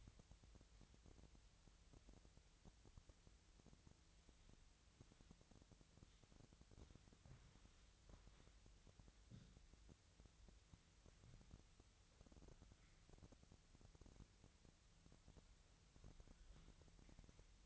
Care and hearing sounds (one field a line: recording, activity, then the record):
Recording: daily activity, microphone in the room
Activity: wipe stove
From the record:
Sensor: 3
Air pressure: 1001.5 hPa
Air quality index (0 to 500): 223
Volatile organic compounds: 30 ppm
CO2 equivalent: 2958 ppm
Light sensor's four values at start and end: 10/33/14/12 and 11/33/14/12